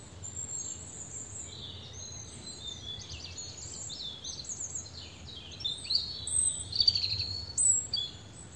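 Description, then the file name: European robin singing high, tinkling, rapidly changing phrases that grow louder toward the end, with soft low background rumble. "Erithacus rubecula"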